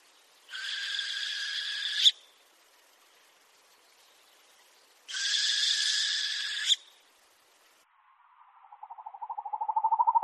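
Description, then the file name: Northern hawk-owl giving two harsh, hissing screeches about three seconds apart, each over a second long, followed by a rapid trill of notes growing louder. "Krik sovy - YAstrebinaya sova"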